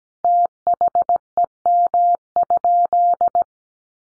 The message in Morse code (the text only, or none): THEM?